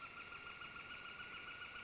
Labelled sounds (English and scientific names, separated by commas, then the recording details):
Northern Flicker (Colaptes auratus)
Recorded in Sonoma County, California